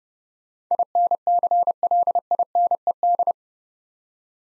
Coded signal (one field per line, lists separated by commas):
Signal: Morse code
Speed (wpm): 30 wpm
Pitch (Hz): 700 Hz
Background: none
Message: INCLINED